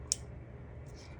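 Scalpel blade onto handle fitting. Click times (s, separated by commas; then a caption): 0.1 s. A steel scalpel blade is slid onto the grooved tip of a metal scalpel handle with gentle pressure. A short, sharp click is heard at 0.1 s against a low background hum. The blade is securely seated on the handle.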